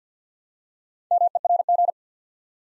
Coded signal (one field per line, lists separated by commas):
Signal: Morse code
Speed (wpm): 48 wpm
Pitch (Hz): 700 Hz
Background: none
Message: MERG